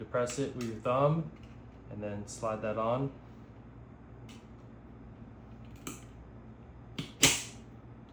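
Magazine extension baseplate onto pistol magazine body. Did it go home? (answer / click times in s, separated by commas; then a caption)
yes / 7.2 s. Someone talks while the spring is held down with a thumb and a PSA Micro Dagger +2 extension baseplate is slid onto the grooves and tabs of the pistol magazine body. A few faint ticks follow, then a loud, sharp click at 7.2 s as the baseplate seats in place.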